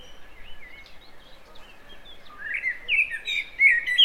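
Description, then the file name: Common blackbird, faint soft notes at first, then a louder fluty warble ending in squeaky high notes. "Turdus merula"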